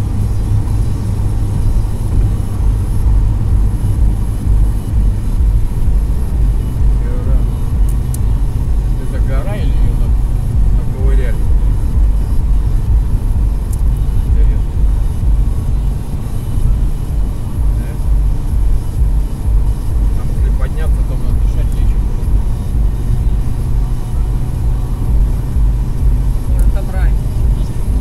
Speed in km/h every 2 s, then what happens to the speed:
103, 102, 100, 96, 94, 92, 90, 89, 90, 90, 91, 93, 95, 97.
0-13 slows to 89. 13-28 speeds up to 97.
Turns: none.